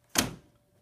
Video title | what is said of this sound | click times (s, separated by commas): Rite Window™ -How to Clean Your Double Hung Rite Window | You'll hear the clicking, again, that means it's engaged. | 0.2 s